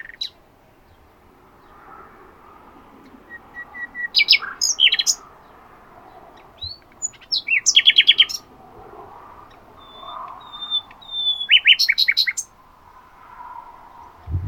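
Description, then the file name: Common nightingale song with varied phrases: thin whistles, sharp clicks and quick repeated notes in bursts, with quiet gaps and a faint background hum. "Luscinia megarhynchos"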